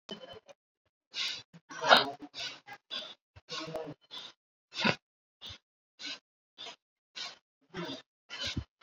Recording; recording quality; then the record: shallow breathing; excellent, no background noise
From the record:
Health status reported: COVID-19 positive, mild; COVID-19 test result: positive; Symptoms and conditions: breathing difficulty, fever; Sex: male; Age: 38 years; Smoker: not ticked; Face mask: worn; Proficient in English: yes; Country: India